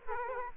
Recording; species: mosquito wingbeat signal from an infrared sensor; Aedes aegypti